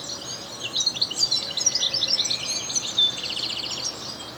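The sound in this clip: European goldfinch, quick tinkling notes running together, ending in a buzzy rattled trill with a clear whistled note.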